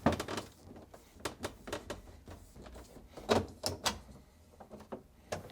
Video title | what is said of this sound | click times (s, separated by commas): How to replace Air Tower Assembly part # W11373777 on your Whirlpool Refrigerator | then firmly press the panel up to lock into place | 0.1 s, 1.2 s